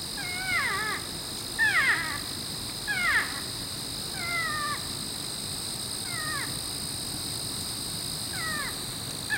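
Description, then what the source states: Porcupine whining squeals: wavering, downslurred harmonic whines repeated several times, over a steady high hum. Two porcupines; whining squeals given as one porcupine rebuffs the advances of another.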